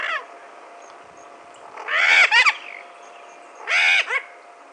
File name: Primoliusauricollis Punto Alto 13 ENE 03 MVQZ